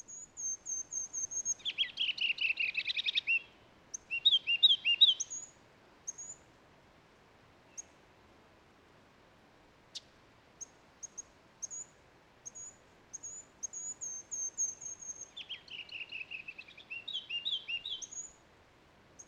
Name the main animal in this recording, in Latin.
Corthylio calendula